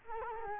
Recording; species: mosquito wingbeat signal from an infrared sensor; Culex quinquefasciatus